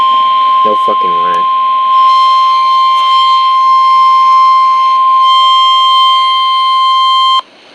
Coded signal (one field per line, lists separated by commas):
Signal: Emergency Alert System (SAME) tones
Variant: 1050 Hz attention tone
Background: speech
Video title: ANOTHER CONFIRMED TORNADO... | EAS Alerts from July 29th, 2023 Severe Weather Event (EAS #502-544)